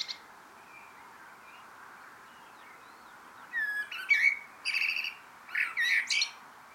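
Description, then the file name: Eurasian blackbird song: faint notes at first, then after about three seconds a loud run of fluty notes with scratchy high twitters. "Turdus merula"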